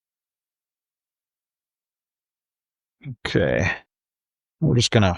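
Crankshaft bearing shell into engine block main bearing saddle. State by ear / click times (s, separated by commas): not seated / none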